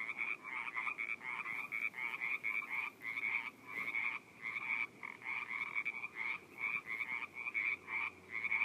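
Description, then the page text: Frogs calling in a dense chorus of rapid, pulsed, raspy croaks that overlap continuously with brief gaps. Several frogs in a pond along Wilder Rd, Orinda, California, USA, recorded February 24, 2014. "frogs in pond at wilder. US-CA-Orinda-1234 Wilder Rd — Feb 24, 2014. Pond audio. PajaroNerds"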